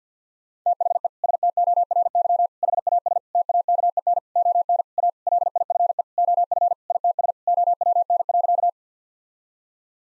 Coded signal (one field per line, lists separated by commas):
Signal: Morse code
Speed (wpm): 50 wpm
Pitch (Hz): 700 Hz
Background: none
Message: THE STORY HAS TAKEN ON A LIFE OF ITS OWN.